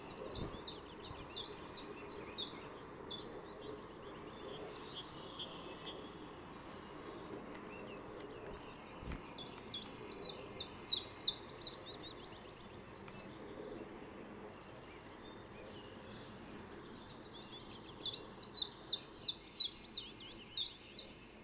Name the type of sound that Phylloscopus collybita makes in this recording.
song